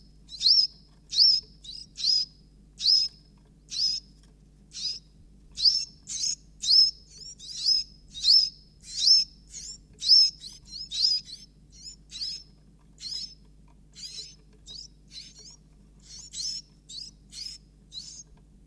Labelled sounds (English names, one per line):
Iberian Chiffchaff call